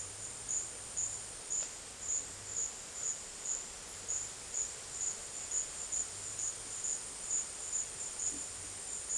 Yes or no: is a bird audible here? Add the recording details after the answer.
no. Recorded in dense forest near Puerto Asís, Putumayo, Colombia, on 22 December 2024 at 12:30. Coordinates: 0.482, -76.320. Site G021